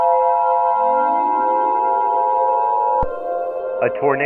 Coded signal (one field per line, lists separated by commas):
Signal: Emergency Alert System (SAME) tones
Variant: 853 and 960 Hz attention tone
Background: speech